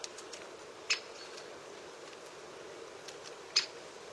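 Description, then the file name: Great spotted woodpecker giving two sharp, short kik notes about two and a half seconds apart over steady low background hiss. "Canto do pica pau malhado grande"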